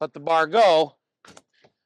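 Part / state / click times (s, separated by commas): seat adjustment latch in a van's second-row seat track / seated / 1.2 s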